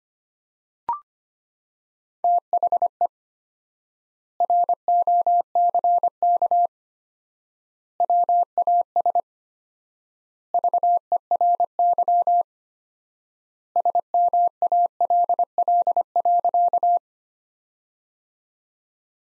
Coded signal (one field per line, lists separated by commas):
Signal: Morse code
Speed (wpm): 25 wpm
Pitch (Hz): 700 Hz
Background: none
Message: THE ROCK WAS VERY SMALL.